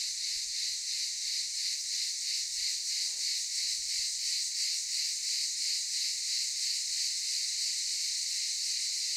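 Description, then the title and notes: Cicadas droning in a dense daytime chorus, a continuous high buzzing that pulses about three times per second without pause. Several cicadas calling in daytime at Aylak Yaşam Camp, Çıralı, Kemer, Antalya, Turkey. "Ulupınar Mahallesi, Çıralı Yolu, 07980 Kemer/Antalya, Turkey - Cicadas daytime. Aylak Yaşam Camp, cicadas in daytime"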